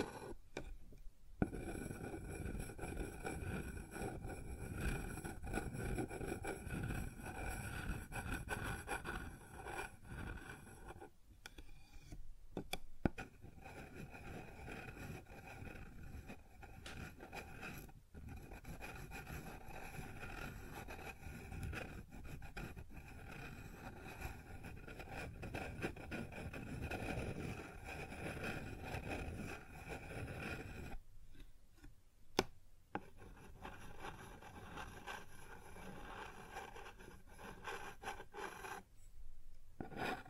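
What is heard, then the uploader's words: Rubbing and scratching sounds on a wooden surface, a dense, rasping texture that runs almost continuously with a fairly even loudness. Brief pauses break it near 1, 11–13, 18 and 31–33 seconds, with a few sharp taps around 13 and 32 seconds. ASMR Sounds on Wooden Surface (No Talking).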